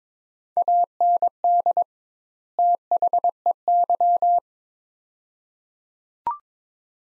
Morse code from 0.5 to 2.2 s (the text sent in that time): AND